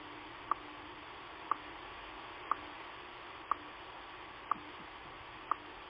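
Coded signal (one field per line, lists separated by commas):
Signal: radio time signal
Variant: WWVH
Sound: six sharp short ticks, one each second, over steady hiss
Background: radio static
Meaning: Each tick marks one second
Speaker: At the tone, 5 hours, 30 minutes, coordinated universal time.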